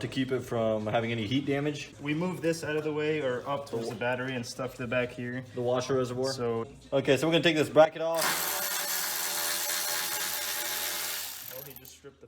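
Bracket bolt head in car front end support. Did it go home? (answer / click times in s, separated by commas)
no / 11.6 s, 11.8 s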